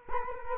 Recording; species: mosquito wingbeat signal from an infrared sensor; Culex quinquefasciatus